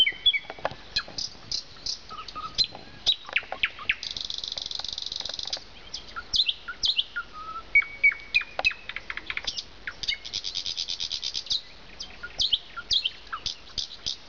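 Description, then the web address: Nightingale song with two long buzzy rattling trills among sharp whistles, slurred notes and rapid clicks, phrases coming one after another. "zvuki ptic solovey"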